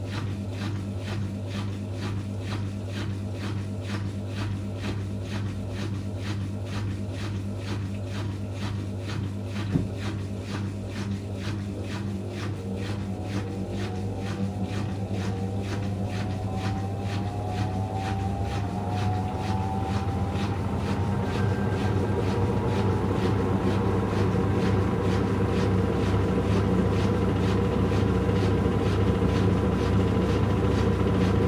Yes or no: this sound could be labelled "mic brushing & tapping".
no